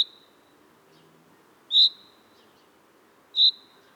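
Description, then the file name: Common chaffinch calls, brief bright notes repeated about every one and a half seconds, with a low continuous hum behind. "Fringilla coelebs"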